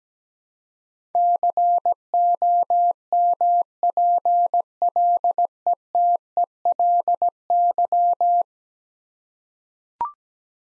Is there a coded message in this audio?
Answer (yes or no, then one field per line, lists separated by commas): yes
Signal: Morse code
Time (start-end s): 1.1-8.4 s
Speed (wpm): 17 wpm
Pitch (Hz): 700 Hz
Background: none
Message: COMPLETELY